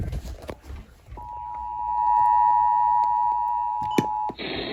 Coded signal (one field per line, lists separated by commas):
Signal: Emergency Alert System (SAME) tones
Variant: 853 and 960 Hz attention tone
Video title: MODERATE RISK TERROR! EAS Alerts from 11-4-2022 to 11-5-2022. (EAS #730 - #781)